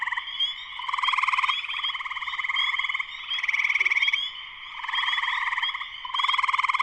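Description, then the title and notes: Spring peeper chorus, continuous overlapping frog calls: quick rising peeps above steady pulsing trills that swell and ebb repeatedly. Full chorus shortly after sunset, Sleeping Bear Dunes National Lakeshore, northern Michigan, USA. "Spring peepers (chorus frogs) in full chorus shortly after sunset in the Sleeping Bear Dunes National Lakeshore in northern Michigan, USA. Recorded by Darrin Wassom. Music for Sleep"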